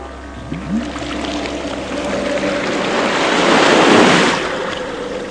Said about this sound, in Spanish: ¡El mar! Sí, el mar Lidenbrock.